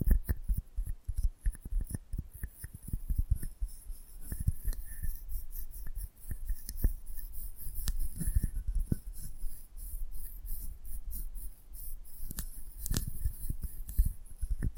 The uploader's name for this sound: Close Up Mic Treatment